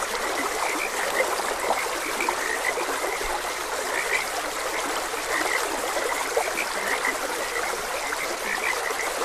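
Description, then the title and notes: Frog chorus of quick repeated croaks blending into a dense pulsing texture, with a steady rush of flowing water throughout. Frogs croaking beside a gentle stream; nature ambience for rest, meditation and sleep. "Gentle Stream and Frogs Croaking. Sleep and Relaxation Podcast"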